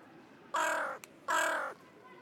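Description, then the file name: Carrion crow giving two harsh, hoarse caws, each about half a second long and separated by a short pause, over a quiet background. "Corvus corone - Carrion Crow"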